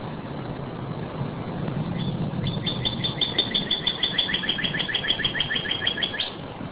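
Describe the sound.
Northern cardinal song: a rapid series of clear, downslurred whistled notes repeated steadily for about four seconds over a low, constant rumble of background noise.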